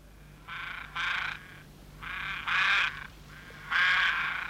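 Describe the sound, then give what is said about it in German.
Ravens croak in harsh, raspy bursts, about five loud calls grouped in loose pairs with short pauses between, over a faint steady low hum. “Du hörst, wie die Raben dich warnen.”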